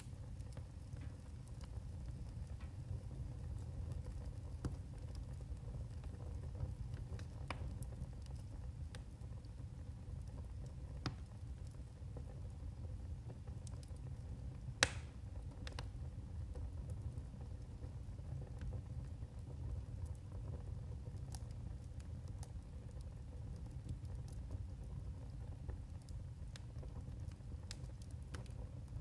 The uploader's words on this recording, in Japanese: 自然の音～薪の爆ぜる音・薪ストーブ。パチパチと音を立てて燃えていく薪。静岡県田方郡の古民家より。